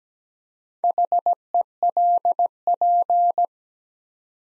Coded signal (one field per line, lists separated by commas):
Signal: Morse code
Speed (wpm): 17 wpm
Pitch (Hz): 700 Hz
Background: none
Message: HELP